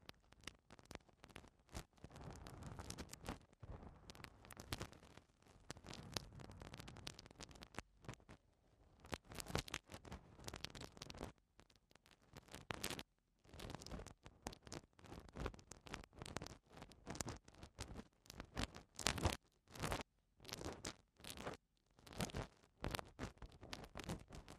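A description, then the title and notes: Eardrum cleaning sounds as rapid, crackling scrapes and rustles in dense bursts, with brief silent gaps, especially around 13 and 19 seconds. Eardrum Cleaning (No Talking).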